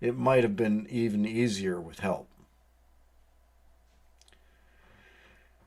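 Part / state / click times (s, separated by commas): top pivot pin of a hinged door into its top bearing / seated / 4.2 s, 4.3 s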